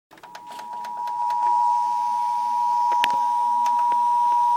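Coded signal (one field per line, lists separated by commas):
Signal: Emergency Alert System (SAME) tones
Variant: 853 and 960 Hz attention tone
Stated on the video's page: Real severe thunderstorm warning SAME tones received on AM/FM broadcast radio.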